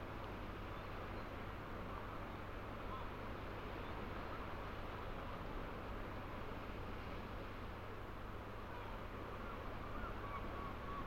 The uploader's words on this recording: Fishing village harbour at night. From here, steep up a winding path above the harbour, the ocean waves crash onto the ancient seawalls of St Abbs on the east coast of Scotland, in full spatial detail. Swirling currents of bouncing swell, softened by less than a hundred yards, into a rich textured white noise emulsion.